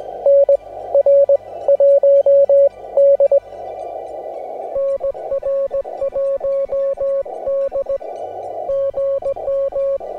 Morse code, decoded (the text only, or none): NR1D NR1D GM